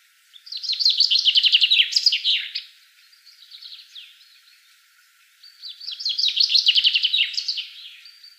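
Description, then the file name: Common chaffinch song: two bright, fast trilled phrases, each ending in a flourish, with a softer, quieter phrase between them. "Fringilla coelebs"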